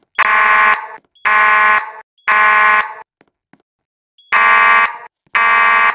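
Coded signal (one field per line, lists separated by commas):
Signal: alarm pattern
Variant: Temporal-3 (Code 3)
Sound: buzzy fire alarm horn: three short blasts, pause, then two more blasts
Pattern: temporal three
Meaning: Temporal-3 pattern signals building evacuation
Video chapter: Code 3 / Temporal 3 3:37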